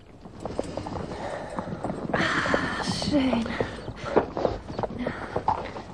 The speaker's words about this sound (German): Es roch gut hier und es war still. Kaum, dass man den Hufschlag der Pferde vernahm.